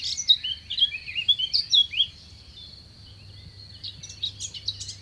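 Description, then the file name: Bird chirps, a quick cluster of varied high twittering notes in the first half, then more scattered chirps near the end, over a steady thin high whine and a low hum. Recorded at Sonnaz. "oiseau sonnaz"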